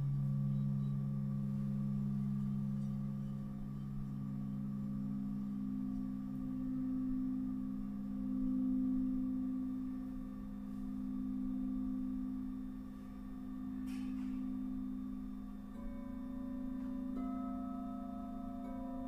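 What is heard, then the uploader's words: A sound bath of long, sustained singing bowl tones, with a deep low hum and several steady higher rings layered above it. The loudness swells and ebbs slowly throughout. Around fifteen seconds the tones shift slightly as a new bowl note comes in. Sound Bath.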